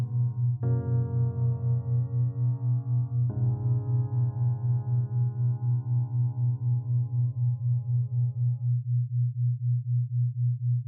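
Binaural beats: a steady low hum pulsing at a regular rapid rate, with bell-like overtones striking at about one and three seconds, then fading.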